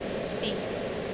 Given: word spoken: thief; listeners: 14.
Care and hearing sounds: one English word in noise, from a listening test; speech-shaped noise; -7.0 dB; 2 of 14; 6 of 14; 0.74 s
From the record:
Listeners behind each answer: 6, 2, 1, 1, 1, 1, 1, 1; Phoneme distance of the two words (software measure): 10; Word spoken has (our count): 1 syllable, 3 phonemes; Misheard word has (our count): 1 syllable, 3 phonemes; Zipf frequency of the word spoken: 3.91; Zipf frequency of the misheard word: 4.45

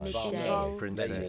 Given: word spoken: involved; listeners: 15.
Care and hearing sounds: one English word in noise, from a listening test; four-talker babble; -1.8 dB; 0 of 15; 8 of 15; 0.89 s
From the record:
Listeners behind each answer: 8, 4, 1, 1, 1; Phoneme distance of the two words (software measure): 52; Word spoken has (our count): 2 syllables, 7 phonemes, stress on syllable 2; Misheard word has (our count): 2 syllables, 5 phonemes, stress on syllable 2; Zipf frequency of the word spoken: 5.10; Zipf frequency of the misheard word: 3.64

